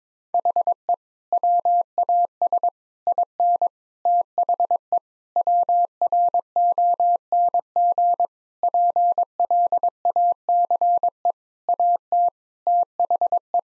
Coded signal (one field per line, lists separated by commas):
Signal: Morse code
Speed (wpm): 22 wpm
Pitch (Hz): 700 Hz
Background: none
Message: HE WAS IN THE WRONG PLACE AT THE